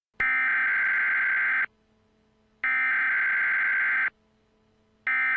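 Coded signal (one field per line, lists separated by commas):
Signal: Emergency Alert System (SAME) tones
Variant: header bursts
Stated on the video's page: Fictional EAS scenario; the tones are not from a real alert.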